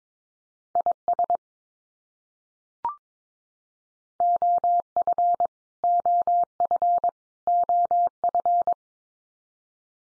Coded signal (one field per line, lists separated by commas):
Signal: Morse code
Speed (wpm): 22 wpm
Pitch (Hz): 700 Hz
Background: none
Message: IS OF OF OF